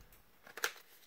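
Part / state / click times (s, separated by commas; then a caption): kydex flashlight sheath into lock adapter / seated / 0.6 s. A formed kydex flashlight sheath made for a Pro Tech 2L flashlight, from a TOPS El Chete kydex sheath setup, is pressed into a plastic quick-release universal lock adapter. After near silence, a faint tick comes just before a sharp bright snap at 0.6 s, and the sheath seats in the adapter.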